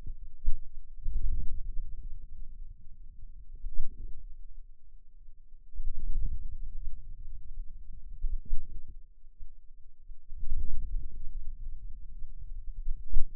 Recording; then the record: forearm muscle sounds (acoustic myography)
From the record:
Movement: wrist flexion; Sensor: system 2, bracelet of six BSWA MPA416 microphones around the upper forearm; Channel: 5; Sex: male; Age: 22 years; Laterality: right